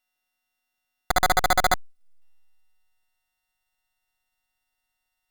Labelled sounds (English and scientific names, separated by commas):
Domestic Canary (Serinus canaria) song